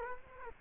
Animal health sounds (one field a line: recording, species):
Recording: mosquito wingbeat signal from an infrared sensor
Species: Culex quinquefasciatus